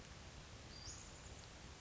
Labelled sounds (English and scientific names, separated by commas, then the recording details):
Western Flycatcher (Empidonax difficilis)
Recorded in Sonoma County, California